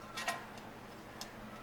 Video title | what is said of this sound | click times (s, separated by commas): Thrift Store Prepper Find: Military Canteen | she's down in in and locks into place and that thing is absolutely perfect | 1.2 s